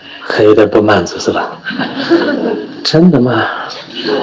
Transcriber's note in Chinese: 众笑